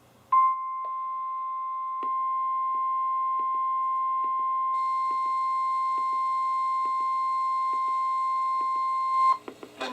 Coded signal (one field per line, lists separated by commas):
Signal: Emergency Alert System (SAME) tones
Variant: 1050 Hz attention tone